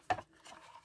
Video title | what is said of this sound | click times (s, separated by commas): Masters of the Universe Origins "Secrets of Grayskull" 2021 Exclusive Accessory pack Review! | kind of snaps right in | 0.1 s